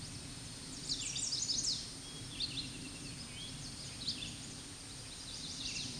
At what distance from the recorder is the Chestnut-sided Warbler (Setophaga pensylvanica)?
about 25 m